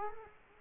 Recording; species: mosquito wingbeat signal from an infrared sensor; Culex quinquefasciatus